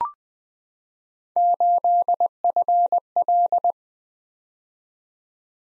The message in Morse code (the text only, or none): 8FL